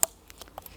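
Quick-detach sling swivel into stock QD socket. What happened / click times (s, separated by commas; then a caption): A metal quick-detach swivel snaps into its socket / 0.0 s. A metal quick-detach sling swivel is pushed into the QD socket on the stock of a Sig MCX Rattler gel blaster, a socket deep enough, unlike the shallow ones on the body, because it goes all the way through the stock. A sharp, bright click at 0.0 s marks it locking in and seating, followed by a few fainter small clicks and taps.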